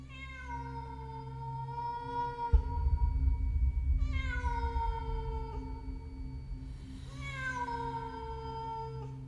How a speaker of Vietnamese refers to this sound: Một con mèo đen, đôi mắt xanh lè lè, đứng ở trên mái nhà nhìn chằm chằm xuống các lão, đầy sự ai oán. Tiếng mèo kêu, nghe cứ như tiếng trẻ con khóc trong đêm.